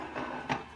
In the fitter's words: And it should just click into place, and then tighten down your 2 side screws.